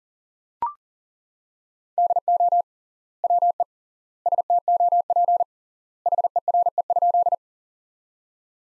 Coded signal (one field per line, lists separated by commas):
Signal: Morse code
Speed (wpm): 40 wpm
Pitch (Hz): 700 Hz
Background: none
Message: DO WE STOP HERE?